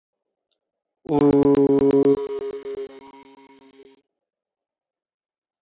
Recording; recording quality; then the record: sustained vowel as in boot; moderate, slight background noise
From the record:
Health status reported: healthy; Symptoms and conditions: none ticked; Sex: male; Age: 37 years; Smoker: not ticked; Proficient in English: yes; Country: India